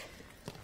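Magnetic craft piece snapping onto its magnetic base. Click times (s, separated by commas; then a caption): 0.5 s. A magnetic craft piece is lined up and snaps into position on its strong magnetic base. Against a steady low background, a single short, sharp click sounds at 0.5 s, and the piece is seated in place.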